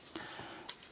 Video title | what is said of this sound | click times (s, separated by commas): Transformes HUGE ! K.O. ' oversized' G1 Protectobot DEFENSOR Review | we're going to lock the feet in which they do stay in | 0.2 s, 0.7 s